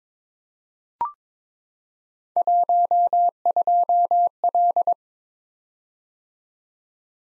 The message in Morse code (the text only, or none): 12L